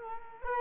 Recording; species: mosquito wingbeat signal from an infrared sensor; Culex quinquefasciatus